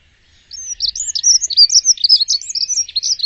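A bird chirps in a rapid, high, twittering stream of short squeaky notes that runs without pause after a brief silent start.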